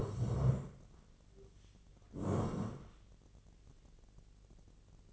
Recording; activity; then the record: daily activity, microphone in the room; sit down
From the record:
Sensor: 4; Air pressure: 1013.1 hPa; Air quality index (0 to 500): 168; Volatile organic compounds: 2 ppm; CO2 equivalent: 1064 ppm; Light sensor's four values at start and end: 52/127/54/57 and 51/126/53/57